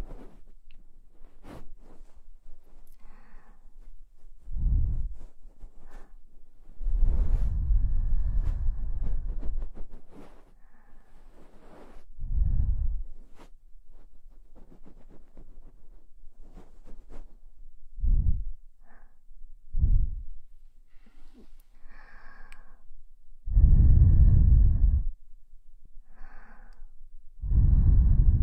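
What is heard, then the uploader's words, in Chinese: Binaural ear cleaning: soft rubbing and muffled brushing swells in low, rumbly bursts at about 5, 7–9, 12, 18, 20, 24 and 28 seconds, some lasting a couple of seconds. Between them it is quiet, with faint scratches and a few sharp ticks. 双耳清洁。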